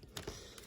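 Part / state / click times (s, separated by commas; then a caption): truck assembly onto model locomotive frame / seated / 0.2 s. A plastic truck (bogie) assembly is slid onto the frame of a G-scale model F-unit locomotive during reassembly. It clicks into place with a sharp short hit at 0.2 s, followed by a softer rattle and another sharp tap at 0.7 s. The truck is seated.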